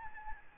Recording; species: mosquito wingbeat signal from an infrared sensor; Aedes albopictus